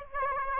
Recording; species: mosquito wingbeat signal from an infrared sensor; Aedes aegypti